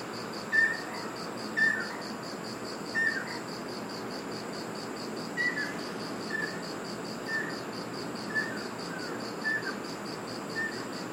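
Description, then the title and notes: Ruddy kingfisher giving several short whistled notes with soft falling tails at irregular intervals, above a continuous rhythmic insect pulsing. Recorded on Iriomote Island, Okinawa, Japan. "赤翡翠 - Ruddy Kingfisher. Recorded in Iriomote Island Okinawa Japan"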